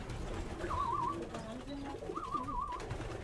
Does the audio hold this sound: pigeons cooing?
yes